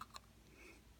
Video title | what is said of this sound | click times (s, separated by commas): Eachine E058 Pocket Drone - Battery Won't Charge | definitely a little click when it goes in and | 0.0 s, 0.2 s